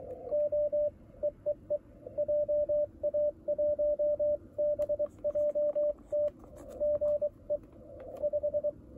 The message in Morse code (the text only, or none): O EEE JA1BJT GE 5